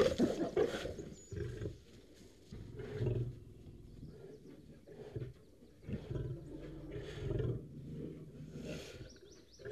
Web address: лев